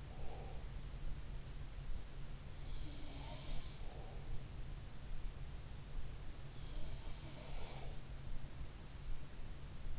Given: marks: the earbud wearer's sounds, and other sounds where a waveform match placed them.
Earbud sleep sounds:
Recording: sounds in sleep by an in-ear microphone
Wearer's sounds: breath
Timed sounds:
0.00-0.91 s: breath
3.00-4.53 s: sound from someone else or the room
3.79-4.53 s: breath
6.51-8.01 s: sound from someone else or the room

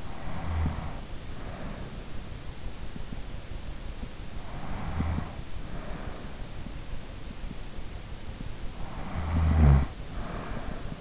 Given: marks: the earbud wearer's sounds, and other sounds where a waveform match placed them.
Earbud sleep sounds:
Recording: sounds in sleep by an in-ear microphone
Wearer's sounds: snoring breath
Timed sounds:
0.00-2.20 s: snoring breath
4.50-6.46 s: snoring breath
9.04-11.01 s: snoring breath

